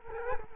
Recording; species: mosquito wingbeat signal from an infrared sensor; Culex quinquefasciatus